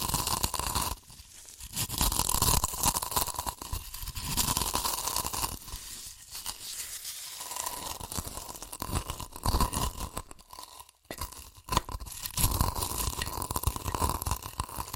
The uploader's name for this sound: Satisfying Chips Crunchy Crushing & Eating Sounds